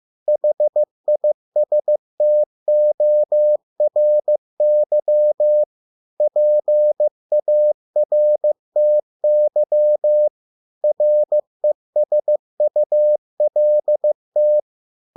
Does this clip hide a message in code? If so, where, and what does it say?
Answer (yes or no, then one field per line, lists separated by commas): yes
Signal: Morse code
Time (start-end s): 0.3-14.6 s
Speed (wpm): 15 wpm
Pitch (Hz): 600 Hz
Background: none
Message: HISTORY PARTY RESULT